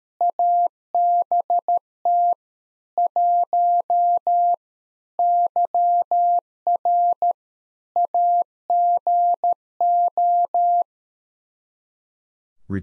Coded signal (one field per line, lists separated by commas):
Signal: Morse code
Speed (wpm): 13 wpm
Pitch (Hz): 700 Hz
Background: none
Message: ABT 1 YR AGO